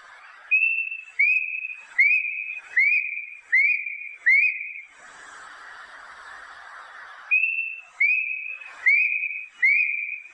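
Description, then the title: Plaintive cuckoo: clear, even whistles in a rapid, regular series, broken by a few seconds of rushing hiss before the whistled series resumes. "八声杜鹃叫声"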